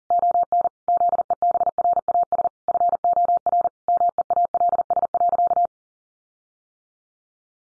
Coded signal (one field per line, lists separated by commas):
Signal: Morse code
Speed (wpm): 40 wpm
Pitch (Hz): 700 Hz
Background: none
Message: ON ZEBRAS FOR MEALS.